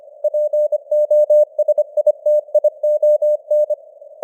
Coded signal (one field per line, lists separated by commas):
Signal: Morse code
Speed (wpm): 25 wpm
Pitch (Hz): 600 Hz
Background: none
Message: POSITION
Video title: Morse Code News | 2025-11-30 | 25wpm